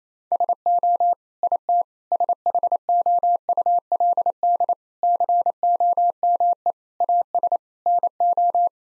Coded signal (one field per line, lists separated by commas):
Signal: Morse code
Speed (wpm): 28 wpm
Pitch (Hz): 700 Hz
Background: none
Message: SO IT SHOULD COME AS NO